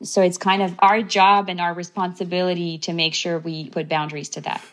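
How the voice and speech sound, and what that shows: One adult woman speaks fluently at a steady pace with clear, even voicing; ordinary typical speech.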